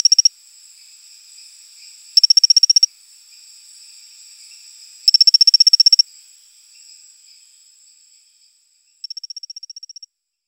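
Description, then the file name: Rocket frog giving short trains of fast, high, ticking notes every few seconds, with a final softer, thinner series after a brief silence. "Colostethus baebatrachus"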